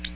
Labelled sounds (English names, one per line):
Ovenbird flight call